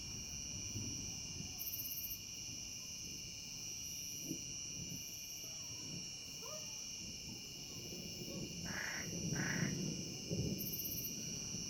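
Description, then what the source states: Cicada song, a steady high droning hum held without a break, with short higher buzzy bursts, brief scratchy noises near the end and low rumbling underneath. Cicada singing with distant thunder.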